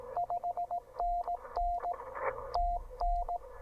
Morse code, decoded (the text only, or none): 5NN TN